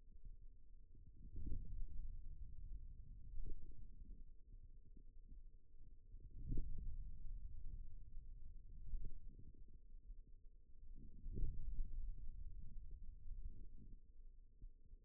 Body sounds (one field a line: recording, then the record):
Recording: forearm muscle sounds (acoustic myography)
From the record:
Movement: ulnar deviation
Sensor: system 2, bracelet of six BSWA MPA416 microphones around the upper forearm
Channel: 1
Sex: male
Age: 22 years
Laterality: right